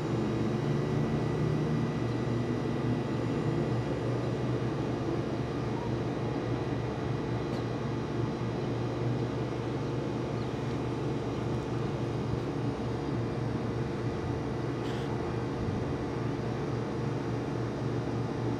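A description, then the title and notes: A roof AC unit blasts hard and without letup, a thick, steady roar weighted toward the low end with a constant hum underneath. A few faint ticks and clicks surface around the middle and near the fifteen-second mark, but the level never changes. Roof AC Unit, Hard Blast In Tunnel.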